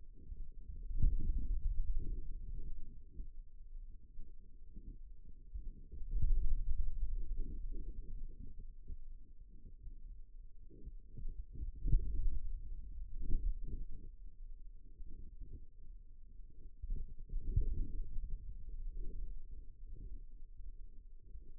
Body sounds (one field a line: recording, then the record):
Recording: forearm muscle sounds (acoustic myography)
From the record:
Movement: finger pinch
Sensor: system 2, bracelet of six BSWA MPA416 microphones around the upper forearm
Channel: 4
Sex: male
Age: 22 years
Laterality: right